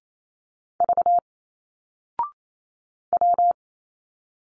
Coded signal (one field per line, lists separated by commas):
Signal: Morse code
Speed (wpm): 27 wpm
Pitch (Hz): 700 Hz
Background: none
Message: V W